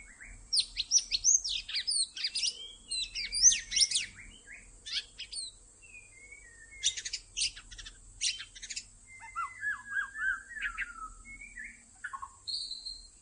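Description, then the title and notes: White-rumped shama song: bursts of rapid high notes alternating with short whistles and slurred descending phrases, backed by constant faint hiss. Lure (pikat) recording made for attracting birds. "MB Pikat. murai batu"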